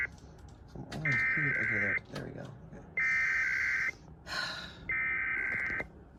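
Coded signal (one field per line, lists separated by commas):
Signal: Emergency Alert System (SAME) tones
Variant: header bursts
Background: speech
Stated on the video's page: Real EAS test sent by the KLOVE station and relayed through a NOAA weather radio source.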